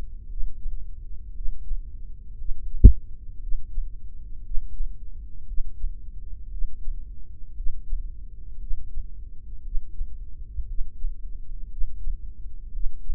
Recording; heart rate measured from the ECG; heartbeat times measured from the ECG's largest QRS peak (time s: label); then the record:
heart sounds by microphone in the left ear; 58 bpm
0.28 s: heartbeat
1.33 s: heartbeat
2.37 s: heartbeat
3.40 s: heartbeat
4.43 s: heartbeat
5.46 s: heartbeat
6.50 s: heartbeat
7.55 s: heartbeat
8.59 s: heartbeat
9.63 s: heartbeat
10.66 s: heartbeat
11.69 s: heartbeat
12.72 s: heartbeat
From the record:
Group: heart failure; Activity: Valsalva maneuver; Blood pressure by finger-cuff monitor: 123/88 mmHg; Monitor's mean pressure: 98 mmHg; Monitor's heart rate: 58 bpm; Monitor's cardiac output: 4.9 L/min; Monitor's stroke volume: 85 mL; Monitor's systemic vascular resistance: 1490 dyn s/cm5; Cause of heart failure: idiopathic cardiomyopathy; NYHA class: 1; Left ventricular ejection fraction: 50%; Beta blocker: bisoprolol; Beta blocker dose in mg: 5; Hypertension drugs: candesartan, spironolactone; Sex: male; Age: 54 years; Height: 180 cm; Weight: 94.6 kg